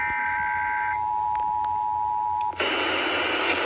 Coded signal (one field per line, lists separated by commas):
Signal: Emergency Alert System (SAME) tones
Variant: 853 and 960 Hz attention tone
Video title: 10 SUBS!!! National Periodic Test on 94.9 KYSS-FM & 93.3 KGGL-FM Missoula (EAS #77-78)